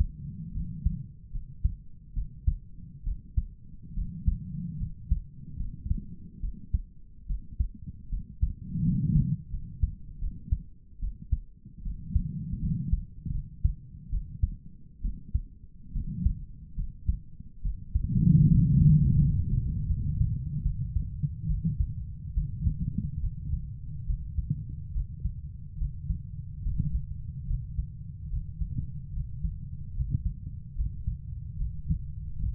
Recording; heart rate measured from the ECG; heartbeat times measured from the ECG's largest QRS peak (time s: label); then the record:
heart sounds by stethoscope; 73 bpm
0.54 s: heartbeat
1.33 s: heartbeat
2.15 s: heartbeat
3.05 s: heartbeat
3.95 s: heartbeat
4.79 s: heartbeat
5.58 s: heartbeat
6.41 s: heartbeat
7.28 s: heartbeat
8.10 s: heartbeat
8.84 s: heartbeat
9.51 s: heartbeat
10.20 s: heartbeat
11.00 s: heartbeat
11.84 s: heartbeat
12.61 s: heartbeat
13.33 s: heartbeat
14.11 s: heartbeat
15.02 s: heartbeat
15.93 s: heartbeat
16.76 s: heartbeat
17.63 s: heartbeat
18.49 s: heartbeat
19.19 s: heartbeat
19.88 s: heartbeat
20.63 s: heartbeat
21.48 s: heartbeat
22.34 s: heartbeat
23.21 s: heartbeat
24.07 s: heartbeat
24.94 s: heartbeat
25.78 s: heartbeat
26.63 s: heartbeat
27.47 s: heartbeat
28.30 s: heartbeat
29.13 s: heartbeat
29.94 s: heartbeat
30.76 s: heartbeat
31.58 s: heartbeat
32.40 s: heartbeat
From the record:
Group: healthy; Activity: rest 0-25 s, Valsalva maneuver 25-33 s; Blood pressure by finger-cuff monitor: 114/62 mmHg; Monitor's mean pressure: 81 mmHg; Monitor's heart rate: 71 bpm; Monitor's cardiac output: 7.1 L/min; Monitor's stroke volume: 98 mL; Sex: female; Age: 22 years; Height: 160 cm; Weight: 63 kg